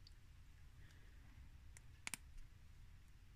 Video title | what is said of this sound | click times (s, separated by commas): Civrays InMoov - Sticking our chest out | small precision screwdriver until I hear a click. | 2.1 s